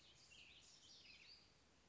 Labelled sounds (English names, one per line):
House Wren